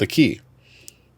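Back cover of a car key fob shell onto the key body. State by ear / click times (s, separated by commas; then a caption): seated / 0.9 s. Someone talks as the plastic back half of a replacement key fob shell for a 2013 Ford F150 is pressed onto the key body over the circuit board and battery. A single sharp click sounds at 0.9 s as the back cover snaps into place, seating the shell.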